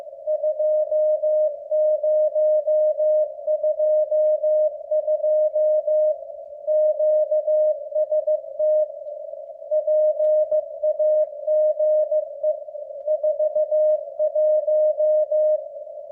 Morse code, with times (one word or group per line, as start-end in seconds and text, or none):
0.3-6.1 2022
6.7-8.8 QST
9.7-12.5 PAGE
13.1-15.6 41